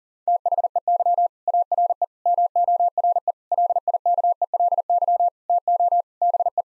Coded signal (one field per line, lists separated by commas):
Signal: Morse code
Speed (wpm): 37 wpm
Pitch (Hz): 700 Hz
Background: none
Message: THEY ARE MORE LIKELY TO BE